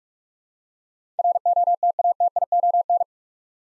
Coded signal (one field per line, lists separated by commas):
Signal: Morse code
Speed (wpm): 44 wpm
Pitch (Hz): 700 Hz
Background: none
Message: ROTATION